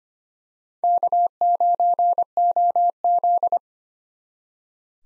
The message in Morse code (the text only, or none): K9OZ